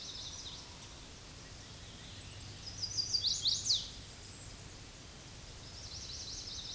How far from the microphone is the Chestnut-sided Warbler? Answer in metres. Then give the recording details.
about 20 m. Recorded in a Pennsylvania forest on 18 May 2023 at 07:46. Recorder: AudioMoth, point grid1_19_low. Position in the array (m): 120 m, 207 m